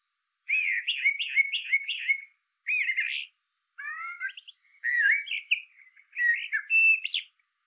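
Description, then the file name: Eurasian blackbird song: a quick run of four repeated warbled notes, then several rich, varied fluting phrases with squeaky high flourishes, separated by short pauses. "Turdus merula"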